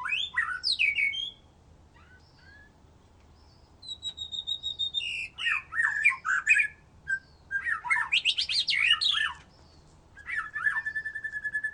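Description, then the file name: White-rumped shama song in bursts: rich whistled phrases, a soft high whistle, dense chattering, then a steady whistle with repeated rapid notes. "murai batu"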